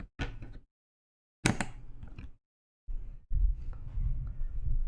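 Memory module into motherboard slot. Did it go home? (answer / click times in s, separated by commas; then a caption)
yes / 1.5 s, 1.6 s. A memory module is slid into a motherboard slot with its notched retention clips opened, and the clips lock with sharp clicks at 1.5 and 1.6 seconds, showing the module is seated all the way in. Softer handling knocks come before and after, and a low rumbling handling noise fills the last two seconds.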